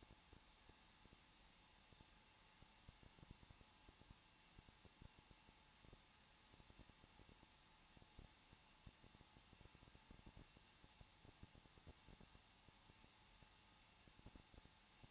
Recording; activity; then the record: daily activity, microphone in the room; no activity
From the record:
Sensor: 1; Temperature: 20.1 degrees Celsius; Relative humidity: 39.4%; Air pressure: 1006.4 hPa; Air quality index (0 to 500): 219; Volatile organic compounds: 82 ppm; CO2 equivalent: 3622 ppm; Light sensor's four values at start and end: 1/2/1/1 and 1/2/1/1